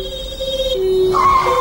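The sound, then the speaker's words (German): A police patrol car approaches, its siren sounding with steady, sustained tones that step between pitches, a lower wail dropping slightly before jumping to a higher note. It is fairly loud, with no voices. “Als sie den Streifenwagen hörte, wusste sie sofort, dass es um Håkons Alibi ging.”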